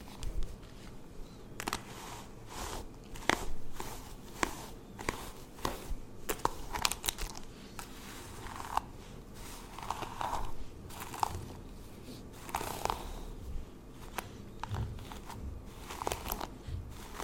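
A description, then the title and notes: Crisp tapping and crinkling sounds for skin and hair care, arriving in quick irregular bursts every half second or so throughout. Some clicks are sharper and brighter than others. A soft low rumble sits underneath. ASMR Pampering Your Skin & Hair for Fall Layered Sounds Tingly Sounds For Sleep( No Talking ).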